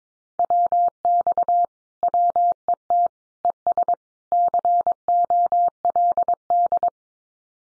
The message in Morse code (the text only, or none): WX WET ES COLD